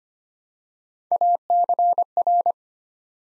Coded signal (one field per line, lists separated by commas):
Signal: Morse code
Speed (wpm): 25 wpm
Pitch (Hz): 700 Hz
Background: none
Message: ACR